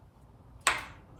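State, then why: Seated. An engine solenoid, held by a unique bolt, is pushed into its bore on a Honda K24 engine. After a quiet low hum, a single sharp, bright snap at 0.7 s rings out and fades over about a third of a second. The snap confirms the solenoid is seated in place.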